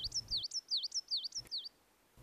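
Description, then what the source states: Coal tit song: a quick series of high, see-sawing two-note phrases, several in a row, with a few low thumps. Sings in urban and built-up areas from early January towards spring; this year coal tits had already been singing for about a month.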